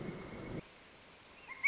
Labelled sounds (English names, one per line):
Pileated Woodpecker